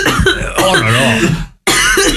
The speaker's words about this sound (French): On t'entend tousser à l'antenne, mais foutez-lui une grosse claque dans le dos.